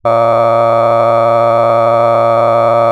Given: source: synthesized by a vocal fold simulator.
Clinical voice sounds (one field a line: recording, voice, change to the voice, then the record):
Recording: sustained vowel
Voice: male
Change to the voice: cycle-to-cycle stiffness perturbation (roughness), level 7 of 10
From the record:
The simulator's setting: 4.17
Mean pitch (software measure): 115 Hz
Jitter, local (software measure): 2.16%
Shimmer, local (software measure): 8.5%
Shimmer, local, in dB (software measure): 0.70 dB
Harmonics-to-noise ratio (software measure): 12.8 dB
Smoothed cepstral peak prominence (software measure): 18.3 dB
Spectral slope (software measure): -17.0 dB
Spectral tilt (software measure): -12.0 dB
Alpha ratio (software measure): -7.4 dB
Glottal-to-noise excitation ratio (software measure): 0.993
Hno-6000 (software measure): 2.4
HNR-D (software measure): 21.7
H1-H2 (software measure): 5.0 dB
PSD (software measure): 1.5e-04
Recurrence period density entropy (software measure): 0.105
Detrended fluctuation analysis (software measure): 0.0551